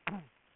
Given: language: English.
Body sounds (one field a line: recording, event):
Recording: throat vibration sensor signal played as sound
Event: throat clearing